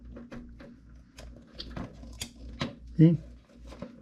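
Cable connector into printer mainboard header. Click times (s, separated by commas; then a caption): 2.2 s, 2.6 s. A cable connector is pressed by hand, without forcing, into its header socket on a Creality A1 printer mainboard, with soft taps and handling sounds throughout. It clicks in at 2.2 s and again at 2.6 s, seating the connector in the board socket. Someone talks around 3.0 s.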